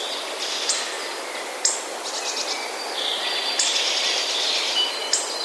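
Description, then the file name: Hawfinch gives a few abrupt, high, snapping tick notes over a continuous high hiss. "grubodzioby"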